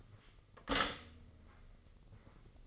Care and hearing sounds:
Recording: daily activity, microphone in the room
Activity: stop toaster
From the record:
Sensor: 4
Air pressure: 996.0 hPa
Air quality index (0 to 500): 67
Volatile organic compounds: 2 ppm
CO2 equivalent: 1205 ppm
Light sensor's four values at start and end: 13/33/13/14 and 12/31/12/13

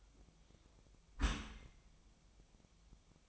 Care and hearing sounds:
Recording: daily activity, microphone in the room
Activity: close dishwasher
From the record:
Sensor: 1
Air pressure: 1004.6 hPa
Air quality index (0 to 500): 121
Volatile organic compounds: 4 ppm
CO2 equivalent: 1681 ppm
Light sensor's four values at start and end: 9/21/8/9 and 9/21/8/9

